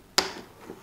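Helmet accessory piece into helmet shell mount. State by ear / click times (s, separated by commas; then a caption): seated / 0.2 s. A helmet accessory piece is lined up and pushed into its mount on the helmet shell of a Nobleman Tech TK-02. A single sharp snap rings out at 0.2 s, then fades into quiet. The piece pops into place and is seated.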